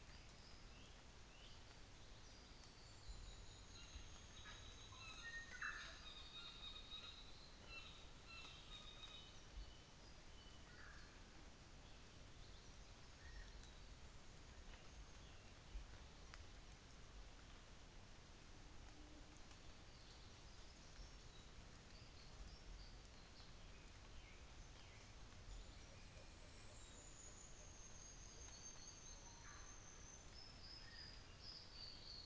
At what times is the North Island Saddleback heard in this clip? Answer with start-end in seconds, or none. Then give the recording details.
4.28-7.25, 7.60-9.38. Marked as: faintness 3/5, faintness 2/5. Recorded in New Zealand on 24 December 2018. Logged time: 10:15